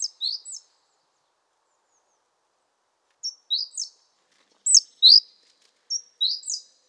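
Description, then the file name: Great tit calling in very high, short notes. Groups of two or three come in brief bursts separated by pauses of about half a second to over two seconds. "Parus major"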